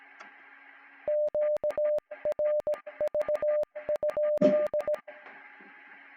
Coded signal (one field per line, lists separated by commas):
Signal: Morse code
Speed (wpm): 16 wpm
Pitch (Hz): 600 Hz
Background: none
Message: QRV?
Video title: Morse trainer F6EYO